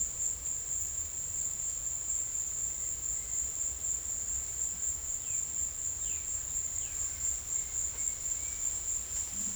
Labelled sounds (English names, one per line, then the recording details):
none
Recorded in secondary vegetation near Puerto Asís, Putumayo, Colombia, on 22 December 2024 at 14:30
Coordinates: 0.488, -76.319
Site GP04